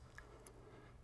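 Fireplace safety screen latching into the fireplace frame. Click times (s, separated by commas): 0.2 s, 0.5 s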